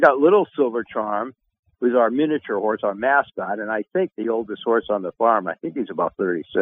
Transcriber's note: none